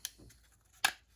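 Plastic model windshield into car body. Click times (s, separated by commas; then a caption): 0.9 s. A clear plastic windshield is pressed into the painted body of a 1/25 scale Green Hornet "Black Beauty" model car, sprayed with Tamiya TS-14. A sharp tick at 0.05 s and a faint soft contact around 0.3 s are followed by a crisp, bright snap at 0.9 s. The windshield seats into place.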